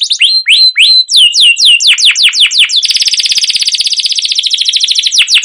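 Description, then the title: Canary song starting with slurred whistled notes and falling sweeps, then breaking into a long fast buzzy trill. Used as a lure (pancingan) for other canaries; song described as chirping 'cuit cuit', rolling (ngerol) and long-running (gacor panjang). "CUIT CUIT NGEROL LANGSUNG GACOR PANJANG Kenari Ini AMPUH Utk Pancingan KENAR"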